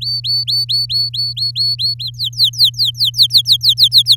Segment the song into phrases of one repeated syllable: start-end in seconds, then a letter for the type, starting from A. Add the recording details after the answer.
0.01-2.04 A, 2.05-4.16 B. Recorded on 7 May 2018 at 16:57. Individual llb16